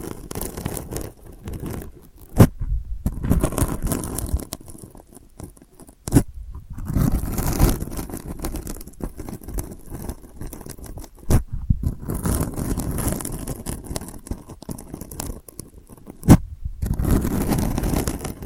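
Delicate scratching runs in long uneven strokes, mostly a soft low rasp with brighter scraping edges at times. Brief pauses break it up near 3, 6, 11 and 16 seconds, and sharp taps or clicks land around 2.5, 6 and 16.5 seconds.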